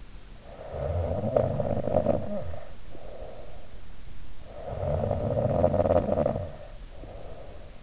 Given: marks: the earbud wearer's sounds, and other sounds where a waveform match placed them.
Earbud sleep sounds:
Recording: sounds in sleep by an in-ear microphone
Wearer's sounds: snoring breath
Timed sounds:
0.29-3.78 s: snoring breath
4.41-7.83 s: snoring breath

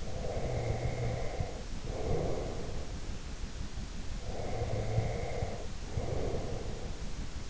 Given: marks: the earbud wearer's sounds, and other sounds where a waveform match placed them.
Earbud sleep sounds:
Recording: sounds in sleep by an in-ear microphone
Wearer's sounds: breath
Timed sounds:
0.00-2.85 s: breath
4.28-7.02 s: breath

